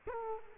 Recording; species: mosquito wingbeat signal from an infrared sensor; Culex quinquefasciatus